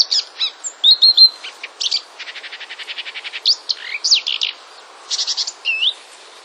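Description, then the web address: Marsh warbler song, a fast varied medley of high chirps, whistles and trills, with a rapid buzzy rattle near the middle. "wroblowe kolekcja lozowka"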